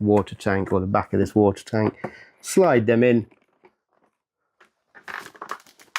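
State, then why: Not seated. Someone talks while the plastic clean-water tank of a Vax Platinum Smart Wash carpet washer is slid onto its guide rails at the back of the machine. After a quiet pause, brief scraping and rustling sounds come in from about 5.2 s to 6.1 s. Nothing has seated or clicked yet, and the tank is left to be pushed on by the weight of the water.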